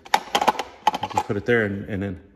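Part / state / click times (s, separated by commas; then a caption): battery pack into charger / not seated / none. A DEWALT XTREME 12V tool battery pack is handled and brought up to a charger that takes both 12V and 20V batteries, making a few short, sharp knocks around 0.1, 0.4, 0.9 and 1.2 seconds while someone talks. The pack has not seated or clicked into the charger yet.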